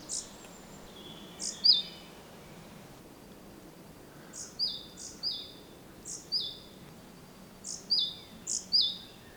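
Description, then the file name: Great tit high paired call notes, a few at first, then a pause, then a steady run of repeated two-part notes. "Parus major"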